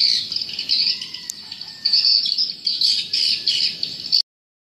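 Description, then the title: Swiftlets twittering in a high, pulsing chorus of rapid chirps that stops abruptly near the end. "Suara Burung Wallet"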